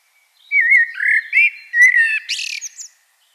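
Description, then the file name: Common blackbird song: a mellow, wavering whistled phrase that ends in a harsh, hissing high-pitched flourish. "Turdus merula"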